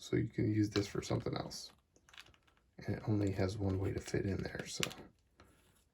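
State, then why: Seated. A small plastic part of a Diaclone DA-58 Warudaros (Soldier Type) transforming robot toy is pushed into the one slot it fits on the robot body while someone talks. A few faint ticks come around 2.0–2.5 s, then a single short click at 5.4 s as the part locks into place.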